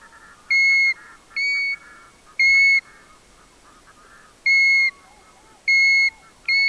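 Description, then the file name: European golden plover's sad, even whistles repeated at irregular intervals, over a busy lower chorus of chattering and piping birds. "ljungpipare Pluvialis apricaria"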